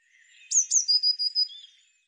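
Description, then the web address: Eurasian blue tit calling, two thin high downslurred notes then a rapid series of four lower notes, ending in a brief dropping tail. "cianscape birddata Deverinetal Bird Cy Ca"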